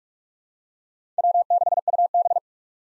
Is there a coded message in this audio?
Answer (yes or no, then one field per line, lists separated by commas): yes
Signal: Morse code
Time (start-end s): 1.2-2.4 s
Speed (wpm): 47 wpm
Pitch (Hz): 700 Hz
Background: none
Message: W6UB